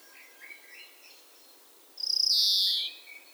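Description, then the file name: European greenfinch giving a single harsh, wheezy buzz about a second long, preceded by a few soft twittering notes. "Chloris chloris"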